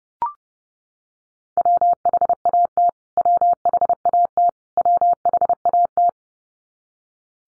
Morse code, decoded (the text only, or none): WHAT WHAT WHAT